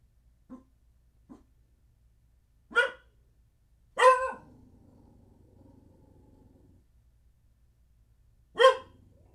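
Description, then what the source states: Dog giving short soft yips, then loud sharp barks, one followed by a low rumbling sound lasting a couple of seconds, and a final loud bark. Small dog barking indoors in an apartment.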